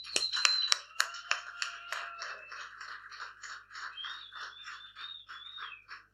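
A crowd claps steadily for several seconds, a dense patter of many hands at a fairly even level, with a few sharper claps early on and a thin whistle-like tone drifting through the later part.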